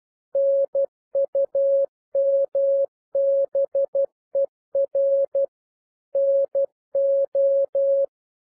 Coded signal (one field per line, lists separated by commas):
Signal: Morse code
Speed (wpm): 12 wpm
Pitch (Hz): 550 Hz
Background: none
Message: NUMBER NO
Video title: Improve Your Morse Code 9-12 WPM - 12-12 WPM